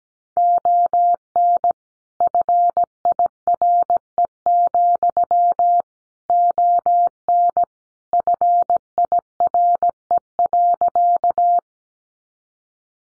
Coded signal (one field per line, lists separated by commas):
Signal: Morse code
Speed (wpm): 17 wpm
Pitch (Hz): 700 Hz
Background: none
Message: ON FIRE, ON FIRE.